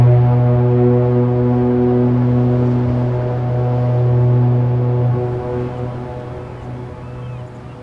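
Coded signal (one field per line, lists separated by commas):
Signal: ship horn signal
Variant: compressed-air lighthouse foghorn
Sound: one deep, steady, droning foghorn blast lasting the whole clip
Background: outdoor wind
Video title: Sounding the Sumburgh Foghorn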